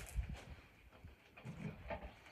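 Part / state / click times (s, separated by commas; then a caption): wooden swarm trap top box onto base with toggle latches / not seated / none. A new wooden top box of a swarm trap is picked up and lined up onto its base before the toggle latches are closed. Low wooden bumps and handling knocks are heard, with a sharp knock near 0.1 s. Nothing has latched or clicked yet.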